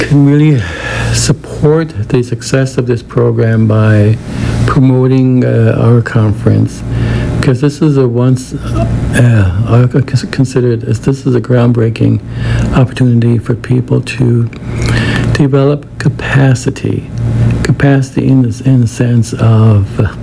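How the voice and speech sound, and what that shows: Adult male speech with stretched syllables, a repeated word and a long pause, fitting severe stuttering with blocks, controlled using speech targets such as full breath, gentle onset and stretched syllables.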